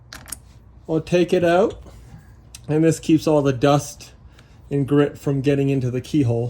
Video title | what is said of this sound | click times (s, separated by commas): How to Install Tesla Tow Hitch in the Model X | Now I'm gonna turn this key into locked position. | 0.1 s, 0.3 s